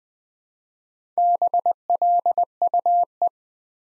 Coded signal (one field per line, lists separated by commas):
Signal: Morse code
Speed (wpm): 20 wpm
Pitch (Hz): 700 Hz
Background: none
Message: BLUE